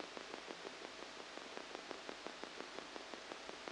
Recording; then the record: brain microelectrode recording played as sound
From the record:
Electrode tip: outside the subthalamic nucleus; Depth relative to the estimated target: -8 mm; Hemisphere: left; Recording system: NeuroSet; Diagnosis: Parkinson's disease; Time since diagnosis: 8 years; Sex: male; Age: 37 years